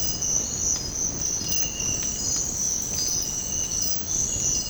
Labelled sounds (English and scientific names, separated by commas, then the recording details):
none
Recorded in secondary vegetation near Puerto Asís, Putumayo, Colombia, on 8 March 2025 at 06:00
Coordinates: 0.481, -76.318
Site G097